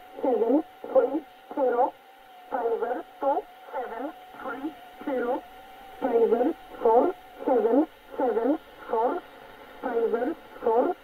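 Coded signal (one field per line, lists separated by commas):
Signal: numbers station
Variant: E11 Oblique, English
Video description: 13375 kHz 1113 Number Station E11 English.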